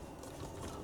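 A plastic dash trim panel is handled against the car dashboard around the radio, after the radio pieces have been screwed in, producing a steady low rustling with no distinct transients over the 0.8 seconds. Nothing has seated or clicked yet.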